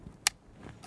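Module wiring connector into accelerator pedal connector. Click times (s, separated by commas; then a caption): 0.3 s. A Sprint Booster V3 throttle-booster module's plastic wiring connector, matched curved end to curved end and flat end to flat end, is pushed into the accelerator pedal's connector in a MINI Cooper. A single sharp click is heard at 0.3 s, followed by faint, softer handling noises. The connector seats.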